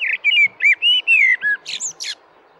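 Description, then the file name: Common blackbird song: a run of clear, mellow whistled phrases, some gliding downward, ending in a few higher scratchy twitters. "Blackbird"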